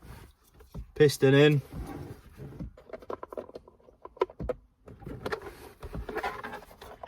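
Someone talks while handling a plastic glovebox damper part during a cabin filter change on a Mk3 Octavia, setting it onto the two bottom tabs so it can clip in. Light plastic taps and rustles are heard throughout. Nothing has seated or clicked yet.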